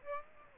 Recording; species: mosquito wingbeat signal from an infrared sensor; Aedes aegypti